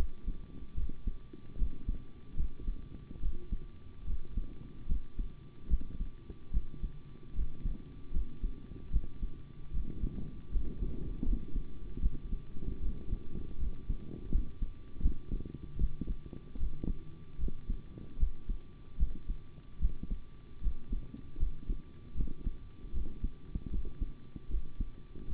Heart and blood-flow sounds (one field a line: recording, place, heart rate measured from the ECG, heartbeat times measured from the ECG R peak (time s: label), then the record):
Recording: heart sounds by stethoscope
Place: between the tricuspid and mitral areas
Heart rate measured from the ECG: 76 bpm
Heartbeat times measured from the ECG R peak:
0.75 s: heartbeat
1.56 s: heartbeat
2.35 s: heartbeat
3.20 s: heartbeat
4.05 s: heartbeat
4.87 s: heartbeat
5.68 s: heartbeat
6.51 s: heartbeat
7.33 s: heartbeat
8.12 s: heartbeat
8.90 s: heartbeat
9.71 s: heartbeat
10.50 s: heartbeat
11.24 s: heartbeat
12.00 s: heartbeat
12.80 s: heartbeat
13.58 s: heartbeat
14.30 s: heartbeat
15.01 s: heartbeat
15.78 s: heartbeat
16.58 s: heartbeat
17.38 s: heartbeat
18.18 s: heartbeat
18.97 s: heartbeat
19.79 s: heartbeat
20.61 s: heartbeat
21.38 s: heartbeat
22.15 s: heartbeat
22.92 s: heartbeat
23.70 s: heartbeat
24.49 s: heartbeat
25.27 s: heartbeat
From the record:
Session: rest, sitting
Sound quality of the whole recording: good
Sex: male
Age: 25 years